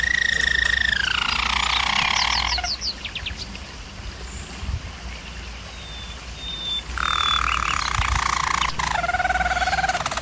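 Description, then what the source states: German Roller canary rolling tones falling in pitch, a quieter pause with faint notes, then loud sustained rolls returning; low hum constant. Singing, used for canary song training.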